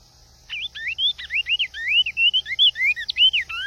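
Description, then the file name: Cinnamon tanager song starting after half a second of quiet, then a fast run of clear slurred whistles until the end. "Canto do bico de veludo"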